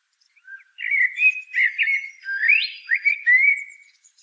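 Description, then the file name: Common blackbird singing one low, mellow fluted phrase of warbled whistles, with a rising note near the middle and a softer sliding tail. "Turdus merula"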